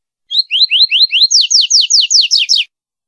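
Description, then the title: Double-collared seedeater song: a quick series of about a dozen high, clear notes, first short rising slurs, then louder sweeping down-slurred notes, all evenly paced. Female bird. "Femea De Papa Capim"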